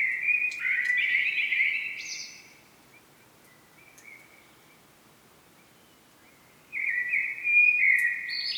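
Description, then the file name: Common blackbird song: a warbled phrase that climbs into a high twitter, then a quiet pause, then a second phrase beginning near the end. "Turdus merula"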